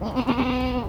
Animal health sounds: contact call of a hoofed animal; goat; low-frequency (closed-mouth) or high-frequency (open-mouth) call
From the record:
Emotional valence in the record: negative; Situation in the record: short social isolation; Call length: 0.89 s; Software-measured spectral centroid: 1730 Hz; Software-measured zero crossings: 1360 a second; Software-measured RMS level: -24 dBFS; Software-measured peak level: -10 dBFS

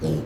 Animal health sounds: contact call of a hoofed animal; pig; closed-mouth grunt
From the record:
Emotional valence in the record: negative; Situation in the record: short social isolation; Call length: 0.26 s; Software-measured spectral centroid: 2040 Hz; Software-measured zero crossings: 920 a second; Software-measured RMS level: -25 dBFS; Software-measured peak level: -14 dBFS

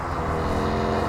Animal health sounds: contact call of a hoofed animal; cattle; low-frequency (closed-mouth) or high-frequency (open-mouth) call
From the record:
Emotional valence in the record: positive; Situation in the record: visual reunion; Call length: 1.10 s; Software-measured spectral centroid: 1660 Hz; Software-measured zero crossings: 1570 a second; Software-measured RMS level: -24 dBFS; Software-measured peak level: -12 dBFS

